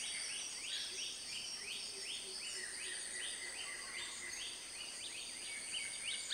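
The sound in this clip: Buff-breasted paradise kingfisher calling: a run of rising, upslurred notes repeated roughly three times a second, partly masked by loud continuous insect buzzing.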